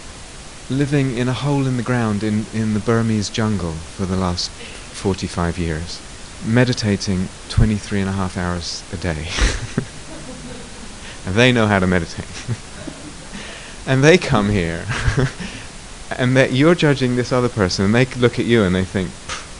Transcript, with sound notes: living in a hole in the ground in the Burmese jungle for the last forty-five years, meditating twenty-three and a half hours a day. They know how to meditate. [laughter] And they come here and you're judging this other person. They look at you and they think,